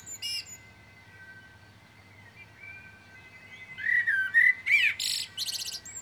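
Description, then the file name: Common blackbird singing: a soft wavering whistle rises into a rich fluted warble, then breaks into several rapid high twittering notes. "Turdus merula"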